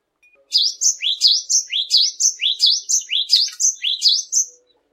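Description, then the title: Cinereous tit song: a rapid run of several high, sweeping notes, each dipping then rising, delivered in one continuous burst of about four seconds. In full song (gacor). "glatik batu gacor"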